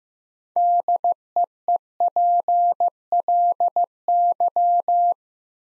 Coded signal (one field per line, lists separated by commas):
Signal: Morse code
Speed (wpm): 15 wpm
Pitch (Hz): 700 Hz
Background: none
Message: DEEPLY